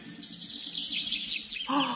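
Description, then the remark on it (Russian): A starling in a forest clearing sings a thrush-like song: a steady run of bright, high whistled chirps repeating in quick rhythm, joined near the end by a lower, fuller warbling phrase, with no voices. “Если б я сам не увидел, как ты поешь, ни за что бы не поверил Сойке, что ты можешь спеть моим голосом.”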